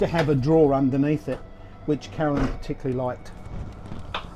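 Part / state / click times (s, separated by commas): soft-close cupboard door latch in a caravan kitchen / seated / 4.1 s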